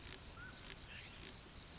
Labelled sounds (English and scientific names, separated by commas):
Mountain Quail (Oreortyx pictus)